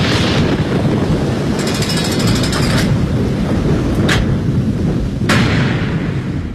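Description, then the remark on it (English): A deep, continuous rumble of thunder rolls through a storm, broken by a burst of crackling and two sharp cracks. It is loud throughout, with no voices. “I wish it would pour down. A great big storm.”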